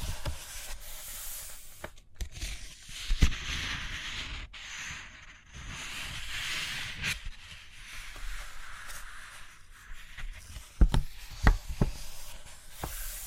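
Paper rustles and pages turn in soft, hissing sweeps that rise and fall throughout, mixed with scratchy movement. Sharp taps land now and then, around the third, seventh and eleventh seconds, with a brief quiet gap near two seconds.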